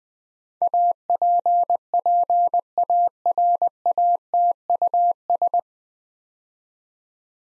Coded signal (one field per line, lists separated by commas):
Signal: Morse code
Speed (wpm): 20 wpm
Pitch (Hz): 700 Hz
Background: none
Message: APPARATUS